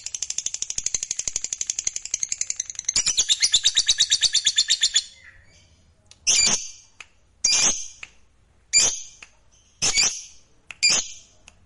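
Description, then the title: Lovebird song: a fast run of shrill chattering notes for five seconds, then a series of separate harsh screeching bursts about once a second. "Suara Lovebird Ini"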